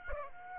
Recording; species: mosquito wingbeat signal from an infrared sensor; Aedes aegypti